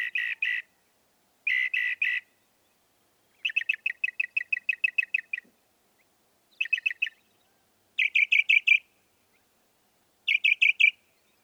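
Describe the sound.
Northern mockingbird song: short bursts of repeated chirpy notes and one longer run of rapid ticking notes, separated by short pauses.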